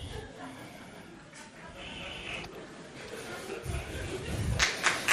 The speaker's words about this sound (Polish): Jest, są brawa, jest.